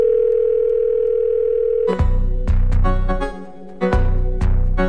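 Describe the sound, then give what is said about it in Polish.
A steady, mid-pitched telephone dial tone hums alone for about two seconds, then cuts off as loud music with punchy percussive hits takes over, opening a phone-booth segment on travel around Poland on Polish Radio Three (Trójka). “W budce telefonicznej już czeka”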